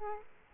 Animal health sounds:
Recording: mosquito wingbeat signal from an infrared sensor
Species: Aedes aegypti

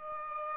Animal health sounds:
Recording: mosquito wingbeat signal from an infrared sensor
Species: Aedes aegypti

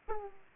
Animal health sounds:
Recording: mosquito wingbeat signal from an infrared sensor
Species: Aedes aegypti

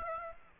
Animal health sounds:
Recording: mosquito wingbeat signal from an infrared sensor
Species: Aedes aegypti

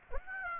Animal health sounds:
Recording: mosquito wingbeat signal from an infrared sensor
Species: Aedes aegypti

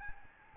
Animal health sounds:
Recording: mosquito wingbeat signal from an infrared sensor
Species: Aedes albopictus

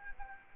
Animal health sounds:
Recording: mosquito wingbeat signal from an infrared sensor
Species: Aedes albopictus

